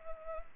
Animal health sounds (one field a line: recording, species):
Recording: mosquito wingbeat signal from an infrared sensor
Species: Culex pipiens